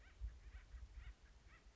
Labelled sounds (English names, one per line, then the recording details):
Acorn Woodpecker
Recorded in Sonoma County, California